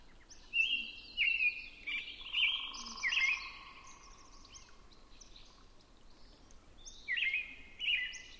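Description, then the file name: Robin song: short slurred whistled phrases delivered in a quick run of about five, a pause of several seconds, then two more; a steady low tone and faint chirps behind. Recorded at 6 am on 20 June 2005. "jh-050620-6 am-robin"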